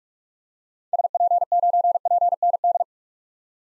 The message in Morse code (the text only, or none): SP9PND